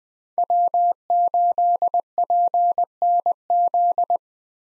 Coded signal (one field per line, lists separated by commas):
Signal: Morse code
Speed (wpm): 20 wpm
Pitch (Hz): 700 Hz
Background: none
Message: W8PNZ